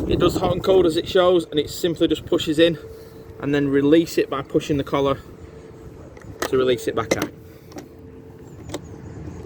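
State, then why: Seated. Someone talks while a push-fit hot/cold water fitting in a Burstner Lyseo TD 734 H motorhome is released by pushing its collar, then pushed back into its collar socket. A few soft clicks and handling sounds follow, with a clear click at 8.7 s as the fitting locks in place.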